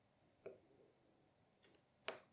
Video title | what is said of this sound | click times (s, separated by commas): Seiko quartz chronograph reset: How to fix misaligned hands (7T62, 7T92, etc.) | yeah two clicks and if we press the top | 0.5 s, 2.1 s